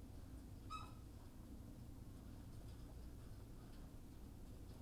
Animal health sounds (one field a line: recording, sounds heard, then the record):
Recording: poultry house recording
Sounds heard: sick chickens (respiratory disease)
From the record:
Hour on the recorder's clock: 18